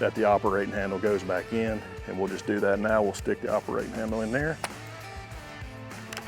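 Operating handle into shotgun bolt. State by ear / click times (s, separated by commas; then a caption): seated / 6.1 s, 6.2 s. During reassembly of a Benelli Super Black Eagle 3 12 gauge shotgun, the metal operating handle is inserted into its hole in the bolt and pressed in while someone talks. Two quick, sharp clicks at 6.1 s and 6.2 s mark the handle seating home, and it is confirmed good to go.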